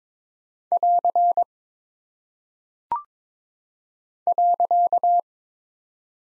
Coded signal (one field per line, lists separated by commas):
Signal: Morse code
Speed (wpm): 22 wpm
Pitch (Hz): 700 Hz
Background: none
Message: <AR> .